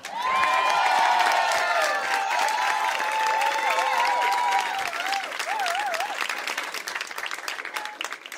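Loud audience applause fills the whole stretch, a dense steady roar of clapping with excited cheers and whoops rising above it, easing slightly toward the end.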